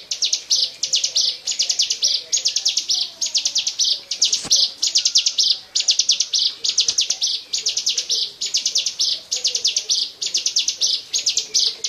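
Bar-winged prinia giving a steady chain of high, buzzy chip phrases, each a quick run ending in a held buzz, with a couple of faint clicks.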